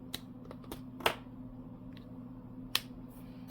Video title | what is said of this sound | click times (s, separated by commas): As Good As Ohuhu? Hotu Alcohol Markers for Coloring and Art | And they make a good satisfying click once you've capped them properly. | 2.8 s